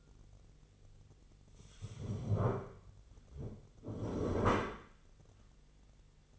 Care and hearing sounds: daily activity, microphone in the room; stand up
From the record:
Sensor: 4

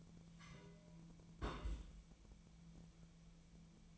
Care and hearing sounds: daily activity, microphone in the room; place on stove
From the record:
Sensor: 1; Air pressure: 1009.9 hPa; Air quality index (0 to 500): 188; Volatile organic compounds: 17 ppm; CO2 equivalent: 2582 ppm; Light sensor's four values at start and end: 38/96/40/49 and 38/95/40/49

